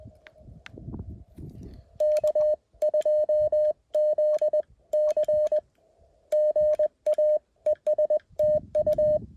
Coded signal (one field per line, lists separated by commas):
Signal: Morse code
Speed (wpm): 20 wpm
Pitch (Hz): 590 Hz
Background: none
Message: K2ZC GA ES TU